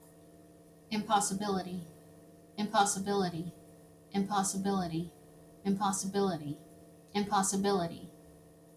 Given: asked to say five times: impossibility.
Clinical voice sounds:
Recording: repeated word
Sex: female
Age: 30 to 39 years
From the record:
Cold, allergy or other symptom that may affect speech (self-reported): no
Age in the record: 33 years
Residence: Florida, United States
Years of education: 12

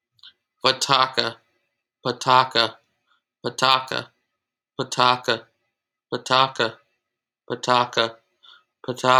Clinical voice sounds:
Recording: repeated syllables /pa ta ka/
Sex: male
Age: 20 to 29 years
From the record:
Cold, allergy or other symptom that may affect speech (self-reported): no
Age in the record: 29 years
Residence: Illinois, United States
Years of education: 16

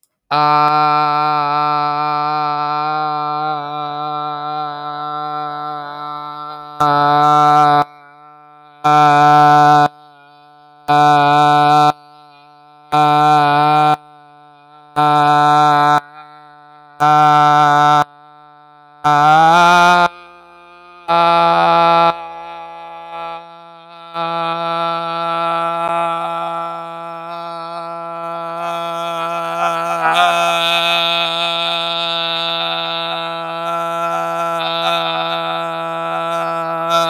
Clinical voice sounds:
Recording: vowel held as long as possible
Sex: male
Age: 20 to 29 years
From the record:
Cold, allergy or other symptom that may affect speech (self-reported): no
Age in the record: 29 years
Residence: Washington, United States

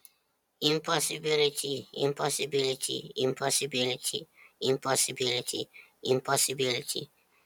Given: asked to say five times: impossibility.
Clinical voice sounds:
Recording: repeated word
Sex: male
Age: 30 to 39 years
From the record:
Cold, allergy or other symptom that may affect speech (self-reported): no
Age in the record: 37 years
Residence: Pennsylvania, United States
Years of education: 12

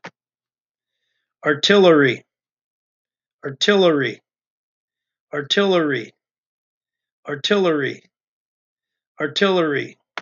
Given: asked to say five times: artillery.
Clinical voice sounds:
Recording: repeated word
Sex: male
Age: 40 to 49 years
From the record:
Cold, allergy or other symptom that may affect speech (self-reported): no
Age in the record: 48 years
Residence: Minnesota, United States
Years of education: 18

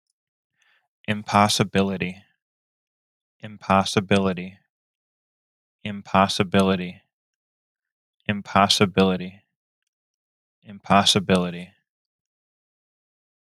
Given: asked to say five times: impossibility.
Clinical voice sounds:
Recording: repeated word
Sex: male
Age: 20 to 29 years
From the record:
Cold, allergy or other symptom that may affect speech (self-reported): no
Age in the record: 29 years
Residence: Florida, United States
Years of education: 17

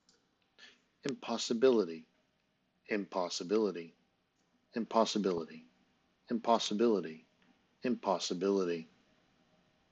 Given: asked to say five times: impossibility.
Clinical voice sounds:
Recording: repeated word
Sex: male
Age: 50 to 59 years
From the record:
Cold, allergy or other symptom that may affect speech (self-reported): no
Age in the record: 57 years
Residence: Mississippi, United States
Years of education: 16

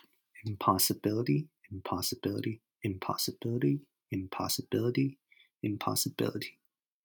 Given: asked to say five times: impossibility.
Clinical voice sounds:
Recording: repeated word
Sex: male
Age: 20 to 29 years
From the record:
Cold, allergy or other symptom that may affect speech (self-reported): no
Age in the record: 29 years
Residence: California, United States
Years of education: 4

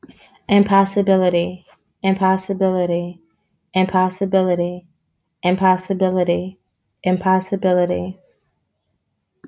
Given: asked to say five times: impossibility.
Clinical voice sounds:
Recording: repeated word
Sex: female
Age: 30 to 39 years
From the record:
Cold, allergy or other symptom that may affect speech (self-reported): no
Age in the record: 30 years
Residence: Florida, United States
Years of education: 12

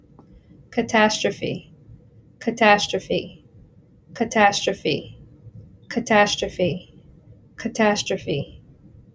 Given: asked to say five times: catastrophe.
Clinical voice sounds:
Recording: repeated word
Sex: female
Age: 30 to 39 years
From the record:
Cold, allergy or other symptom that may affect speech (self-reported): no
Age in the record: 31 years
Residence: Delaware, United States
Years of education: 19

